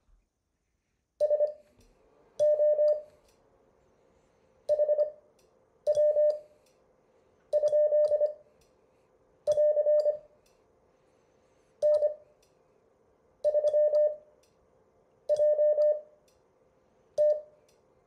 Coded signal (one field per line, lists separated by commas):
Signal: Morse code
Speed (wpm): 25 wpm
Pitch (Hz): 600 Hz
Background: none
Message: SO HW? <AR> N3JT